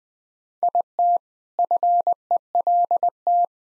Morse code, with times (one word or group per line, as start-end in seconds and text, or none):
0.6-1.2 IT
1.6-3.5 FELT